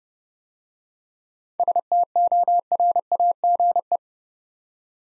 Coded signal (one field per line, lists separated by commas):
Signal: Morse code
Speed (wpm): 30 wpm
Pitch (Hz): 700 Hz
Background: none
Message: STORAGE